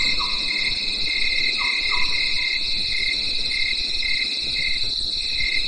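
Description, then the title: High-pitched cricket chorus over a repeated lower chirping pulse, with a few brief soft low notes near the start. Night in the mountains after daytime rain; crickets calling in a chorus. "At night, the cricket cricket and nightingale choir in the mountains"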